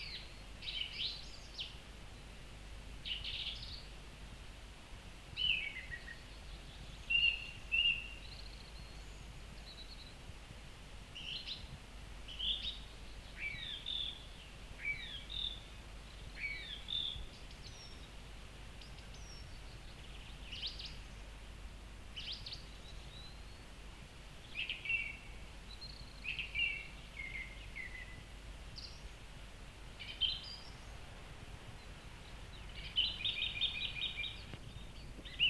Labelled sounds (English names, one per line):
Song Thrush song